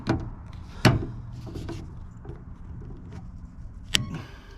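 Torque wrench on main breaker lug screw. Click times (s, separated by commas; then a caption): 4.0 s. A torque wrench is tightened on a lug screw of a replacement main breaker. A few knocks and rattles come first, then the wrench gives a sharp click at 4.0 seconds as it reaches its set torque. The screw is confirmed torqued.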